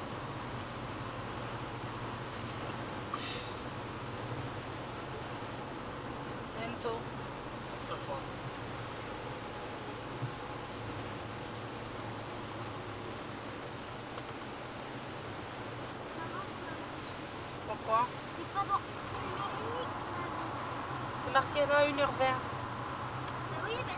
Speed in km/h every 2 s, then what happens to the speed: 127, 122, 123, 122, 122, 119, 114, 111, 106, 103, 101, 99.
0-24 slows to 99.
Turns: none.